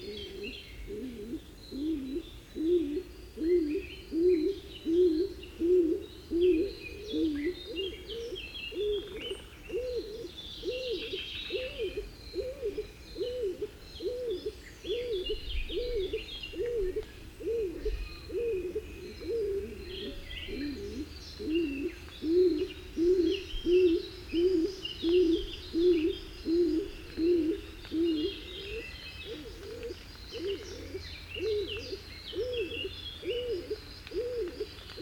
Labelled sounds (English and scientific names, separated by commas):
Stock Dove (Columba oenas) call